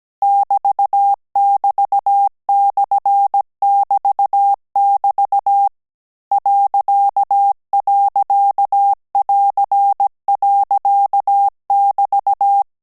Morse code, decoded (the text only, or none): <BT><BT>/<BT><BT> ..<AR>.<BT>